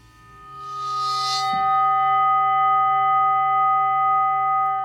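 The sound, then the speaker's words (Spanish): A singing bowl and gong, played by rubbing violin or double bass bows along their rims, ring together in a steady, shimmering drone of layered metallic overtones. A brief scraping hiss rises at the start, then the tones hold loud and even, with no voices. “Ese es el cuenco y el gong.”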